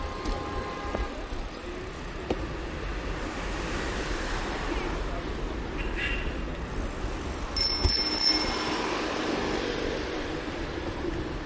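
A steady low rumble of city traffic fills the ride through central Bogotá, with a sharp, bright squealing burst around eight seconds.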